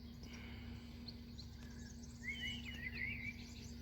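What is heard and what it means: Someone handles the Romanian-made plastic connector of an exhaust servo (exhaust valve) eliminator, bringing it toward the wiring harness plug of a 2020 BMW S1000RR motorcycle, with outdoor birdsong and a steady low hum in the background. Brief high chirps come at about 1.1 s and 1.4 s, and louder bird calls follow from about 2.3 s to 3.3 s. The connector has not clicked in or seated yet.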